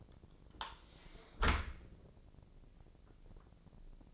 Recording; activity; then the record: daily activity, microphone in the room; close dishwasher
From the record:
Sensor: 5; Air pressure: 1012.4 hPa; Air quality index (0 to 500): 164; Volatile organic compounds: 2 ppm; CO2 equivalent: 1108 ppm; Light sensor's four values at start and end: 133/318/136/151 and 132/316/135/150